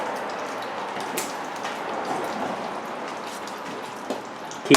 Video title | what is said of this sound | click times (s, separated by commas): How To Replace An Axle 2001-2006 Hyundai Elantra | the axle as straight as you possibly can and you'll see a snap pops right in now | 4.7 s